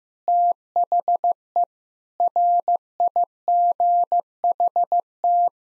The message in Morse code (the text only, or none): THE RIGHT